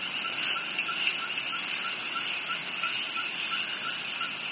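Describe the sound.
Cricket chorus of steady high-pitched trilling in several layered bands, with a faint pulsed chirp repeating regularly underneath, continuous throughout.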